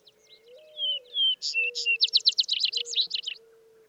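Vesper sparrow song: a few faint high notes, two slurred whistles, then a long rapid trill of buzzy notes; a low whistle sounds underneath.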